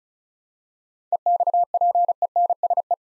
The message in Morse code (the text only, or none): EXPENSE